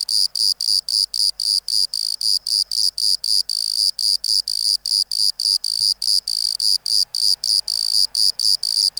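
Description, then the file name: Bordeaux cricket producing a steady stream of ringing high chirps, about four per second, without pause. "Modicogryllus bordigalensis"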